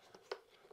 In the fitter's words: il y a les éléments de guide et tout ça donc voilà vous voyez vous avez entendu ça c'est clipsé ça